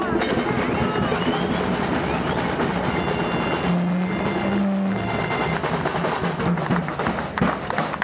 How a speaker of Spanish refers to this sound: Un aplauso para el compañero.